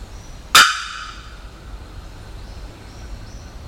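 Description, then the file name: Bearded bellbird delivering a single explosive, clanging bock with a trailing ring, followed by soft high whistled notes from other birds. 27 October 2001. "2001-10-27 Bearded Bellbird"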